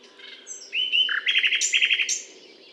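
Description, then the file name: Common nightingale song: a rising slurred note, then a rapid series of sharp repeated notes and high clear whistles, over a steady low hum. Recorded at the Butte calcaire de Gratacap, France, on 19 May 2012. "rossignol philomele Butte calcaire de Gratacap"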